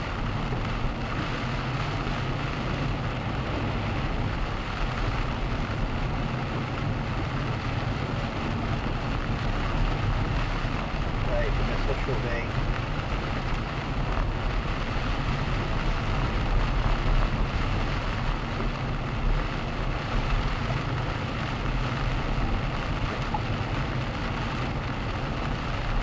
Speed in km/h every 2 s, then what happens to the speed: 47, 49, 49, 50, 49, 47, 48, 48, 47, 46, 47, 47, 48.
0-26 steady at about 48.